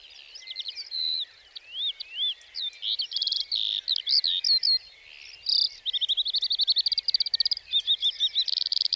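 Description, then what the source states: Lark singing: looping whistles and chirps, then long runs of rapidly repeated identical notes forming fast trills. Sings perched atop a bush before full daybreak, for about a quarter hour before flying off; Plateau de Lesches-en-Diois, 29 March 2020; Nagra Seven, stereo, cardioid MKH40.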